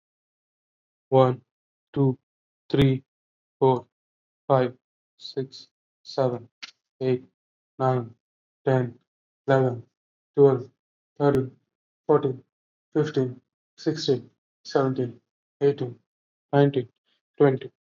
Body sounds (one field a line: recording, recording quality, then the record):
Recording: counting at a normal pace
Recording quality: excellent, no background noise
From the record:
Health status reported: COVID-19 positive, mild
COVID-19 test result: positive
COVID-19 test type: RT-PCR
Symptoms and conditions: cough, cold, fatigue, diarrhoea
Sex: male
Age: 23 years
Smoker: no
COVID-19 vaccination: both doses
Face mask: not worn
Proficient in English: yes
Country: India